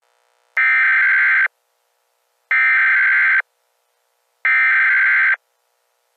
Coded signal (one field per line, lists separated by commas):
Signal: Emergency Alert System (SAME) tones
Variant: header bursts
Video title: WiiAS: An AU EAS Mini-Mock (READ DESCRIPTION)